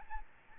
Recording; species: mosquito wingbeat signal from an infrared sensor; Aedes albopictus